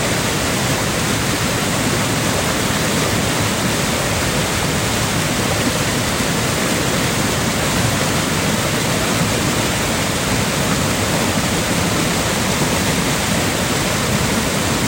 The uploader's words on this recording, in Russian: Шум Агурских водопадов - Сочи. Слушайте шум Агурских водопадов из февральского Сочи.